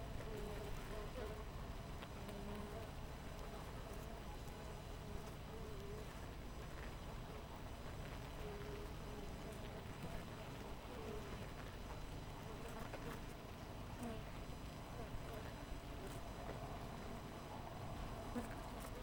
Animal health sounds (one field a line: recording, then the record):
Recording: honeybee colony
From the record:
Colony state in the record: missing queen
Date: 14 July 2017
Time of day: 6:42